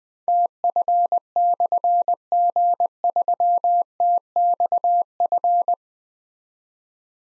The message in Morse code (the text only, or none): TF/G3TXF